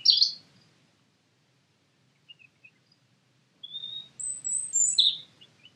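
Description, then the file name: European robin song: a bright opening note, soft high ticks, then a run of thin high whistles and a sharp, warbled finish. "Erithacus rubecula"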